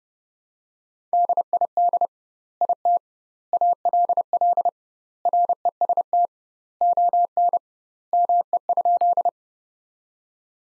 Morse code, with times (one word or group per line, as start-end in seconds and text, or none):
1.1-2.1 DID
2.6-3.0 IT
3.5-4.7 ALL
5.3-6.3 REST
6.8-7.6 ON
8.1-9.3 ME?